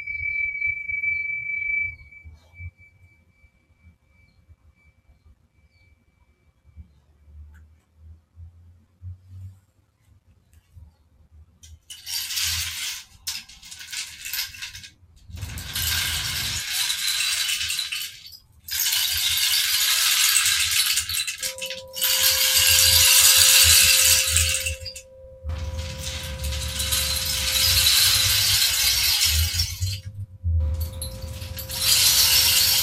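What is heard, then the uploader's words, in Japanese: A singing bowl rings a high, pure tone at the start that fades over several seconds, leaving a quiet low rumble. From about twelve seconds, bright shaking, rattling bursts come and go, while a lower bowl tone sounds steadily beneath them from about twenty-one seconds. メキシコからチベタンシンギングボウルのサウンドヒーリングライブ。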